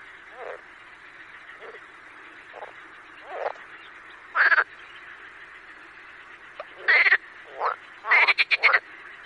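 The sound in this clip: Marsh frogs croaking in a chorus, scattered short grunts and a few louder pulsed bursts near the end over a steady background hum of calling frogs.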